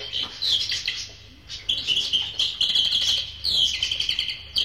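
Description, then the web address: Bird twittering in dense high chirps and short trills, near continuous with brief gaps. "animali uccelli uccelli birds"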